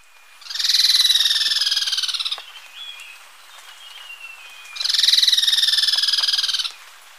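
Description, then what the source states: Striped treehunter with two fast, harsh, pulsed rattles of about two seconds each, separated by a pause with soft background bird calls. Recorded in Ecuador.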